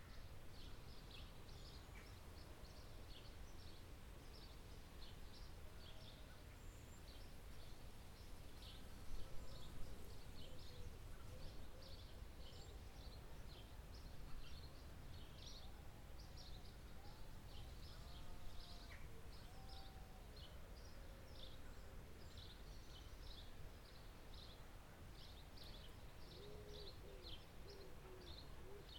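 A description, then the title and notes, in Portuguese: Nature sounds: steady outdoor rumble with constant high chirping insects or birds, occasional soft lower calls, and a few louder moments near ten seconds. No inverno, a floresta fica bem fria. Barulhinhos da natureza.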